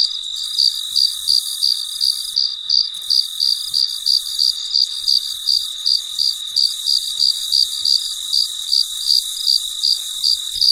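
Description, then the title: Cricket chirping rhythmically, nearly three pulses a second, over a soft steady hiss. Late at night, in deep quiet. "深夜录制蟋蟀昆虫声"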